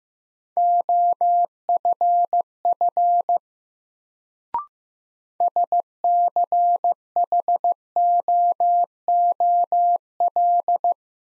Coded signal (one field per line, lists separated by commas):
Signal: Morse code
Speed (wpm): 15 wpm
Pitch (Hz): 700 Hz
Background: none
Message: OFF SCHOOL